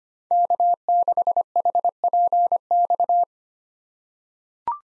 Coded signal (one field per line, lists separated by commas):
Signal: Morse code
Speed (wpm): 25 wpm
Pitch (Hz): 700 Hz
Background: none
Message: K6HPX